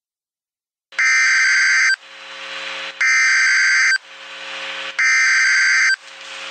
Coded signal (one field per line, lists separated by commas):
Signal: Emergency Alert System (SAME) tones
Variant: header bursts